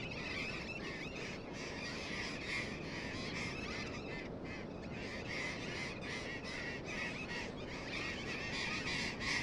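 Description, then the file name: Burrowing parrots screeching, coarse harsh calls tumbling over one another in a busy chorus, steady low rumble underneath. Several burrowing parrots. "tomas miguel - loros barranqueros"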